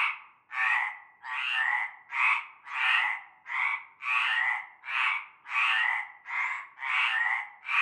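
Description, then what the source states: Chorus of frogs producing rough, buzzing croaks in a continuous run, one after another, with brief gaps between some calls. Chorus heard from nightfall in a large concrete basin with a shallow layer of stagnant greenish water, Avenue Cante Coucou, Groupède, La Ciotat, Bouches-du-Rhône, France.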